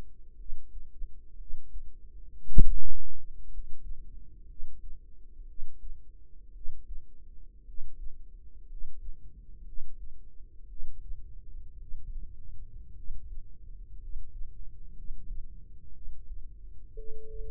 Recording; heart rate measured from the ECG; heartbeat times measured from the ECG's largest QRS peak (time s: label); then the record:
heart sounds by microphone in the right ear; 58 bpm
0.35 s: heartbeat
1.36 s: heartbeat
2.45 s: heartbeat
3.48 s: heartbeat
4.45 s: heartbeat
5.45 s: heartbeat
6.51 s: heartbeat
7.63 s: heartbeat
8.66 s: heartbeat
9.63 s: heartbeat
10.66 s: heartbeat
11.78 s: heartbeat
12.93 s: heartbeat
13.98 s: heartbeat
14.93 s: heartbeat
15.91 s: heartbeat
16.94 s: heartbeat
From the record:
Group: healthy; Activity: rest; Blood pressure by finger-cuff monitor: 105/52 mmHg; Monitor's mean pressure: 65 mmHg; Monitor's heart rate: 59 bpm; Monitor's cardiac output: 5.2 L/min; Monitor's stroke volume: 90 mL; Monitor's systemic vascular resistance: 900 dyn s/cm5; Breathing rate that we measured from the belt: 11 breaths a minute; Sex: male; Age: 25 years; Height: 170 cm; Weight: 70.4 kg